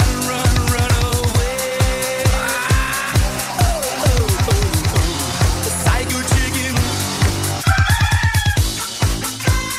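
An upbeat song with a steady, punchy drum beat, with chicken clucks and a warbling rooster-like crow woven through the music.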